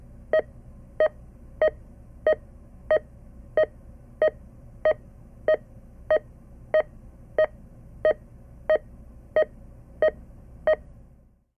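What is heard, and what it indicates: A mid-pitched electronic beep repeats steadily at about 92 per minute, each tone short and clean against a faint low hum. It is a hospital heart monitor sounding with each detected heartbeat, a sound effect.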